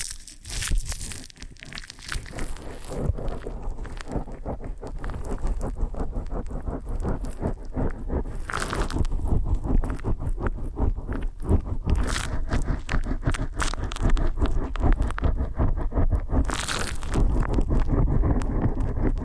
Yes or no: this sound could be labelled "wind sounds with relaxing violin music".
no